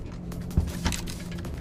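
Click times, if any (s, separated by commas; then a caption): none. A brake rotor part, plastic or aluminum, is pressed onto the center drivetrain of an ARRMA Felony RC car while fitting the handbrake parts. Soft handling thumps are heard near 0.6 s and 0.9 s over a low steady hum. The clip ends before the part goes home, so nothing has seated or clicked yet.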